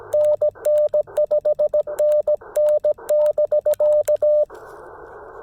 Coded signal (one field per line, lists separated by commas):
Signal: Morse code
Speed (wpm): 17 wpm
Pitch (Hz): 590 Hz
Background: radio noise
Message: NN 5NN <BK>